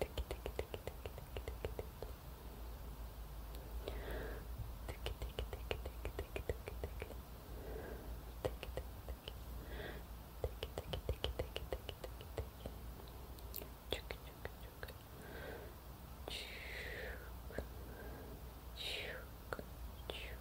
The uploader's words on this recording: ASMR PLUCKING YOUR ANXIETY & INSOMNIA WITH HAND MOVEMENTS, MOUTH SOUNDS,BLOWING,AND BACKGROUND NOISE.